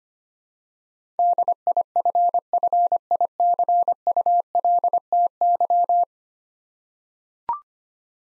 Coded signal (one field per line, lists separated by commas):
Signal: Morse code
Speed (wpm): 25 wpm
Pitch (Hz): 700 Hz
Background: none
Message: DIFFICULTY